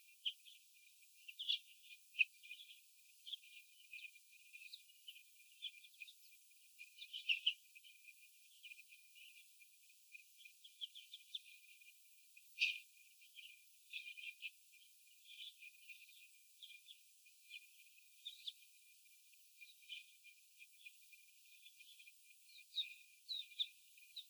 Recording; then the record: young laying hens in a cage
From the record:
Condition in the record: after the stressor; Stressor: sudden umbrella opening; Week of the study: 2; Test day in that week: 1